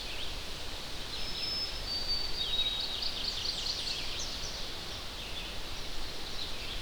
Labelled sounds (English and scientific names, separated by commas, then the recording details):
Red-eyed Vireo (Vireo olivaceus) song
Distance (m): 105 m
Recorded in boreal forest in Alberta, Canada, on 10 June 2016 at 07:09
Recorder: SongMeter 3, array SBT-3-39
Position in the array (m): 200 m, 128 m